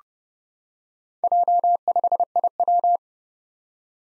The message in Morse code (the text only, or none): J5IW